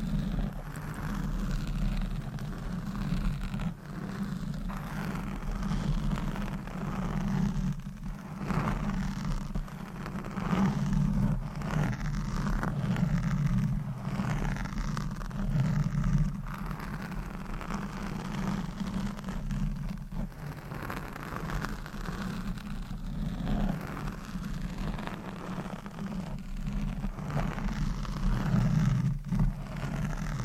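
Close microphone scratching, brushing and stroking sounds run continuously for the whole clip, with a heavy low rumble beneath and a dense rasping texture above. The level stays fairly even, with brief dips near 8, 16 and 20 seconds and firmer strokes toward the end.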